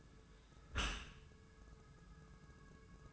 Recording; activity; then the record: daily activity, microphone in the room; close dishwasher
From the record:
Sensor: 2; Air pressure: 1014.8 hPa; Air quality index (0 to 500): 24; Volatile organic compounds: 0 ppm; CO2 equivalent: 497 ppm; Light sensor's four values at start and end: 10/23/9/10 and 10/23/9/10